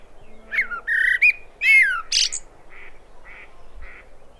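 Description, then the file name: Common blackbird warbling several whistled, swooping notes, then a harsh high burst, trailing off into three soft, short, evenly spaced notes. "Turdus merula"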